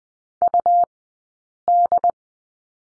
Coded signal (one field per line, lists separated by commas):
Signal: Morse code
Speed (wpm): 20 wpm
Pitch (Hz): 700 Hz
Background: none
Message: UD